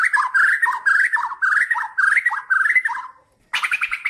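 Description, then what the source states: Bird song, a repeated warbled phrase given about twice a second, ending in a brief pause and then a busier burst of notes. Described as a champion (jawara) songbird singing.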